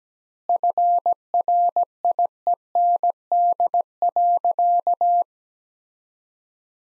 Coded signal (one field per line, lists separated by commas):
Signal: Morse code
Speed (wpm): 17 wpm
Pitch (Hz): 700 Hz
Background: none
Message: FRIEND.